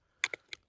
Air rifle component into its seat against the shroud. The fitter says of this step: there like that. That's locked into place there. And that's sitting flush.